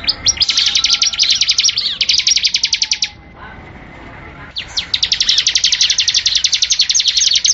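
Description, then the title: Bar-winged Prinia song: long, fast series of sharp high chips, a buzzy trill stopping for about one and a half seconds midway before resuming. "ciblek"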